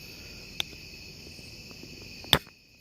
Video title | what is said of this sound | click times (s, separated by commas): Fishing with Phil. stream for truthbetold and anyone else who needs to talk | Okay, no, it just snaps back in. I got it. | 2.3 s